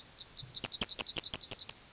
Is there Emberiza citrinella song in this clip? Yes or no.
yes